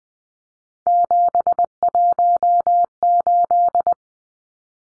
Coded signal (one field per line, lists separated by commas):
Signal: Morse code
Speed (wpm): 20 wpm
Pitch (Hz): 700 Hz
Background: none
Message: 718